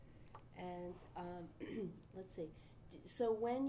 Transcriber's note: clears throat